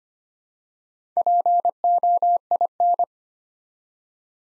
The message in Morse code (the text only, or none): POIN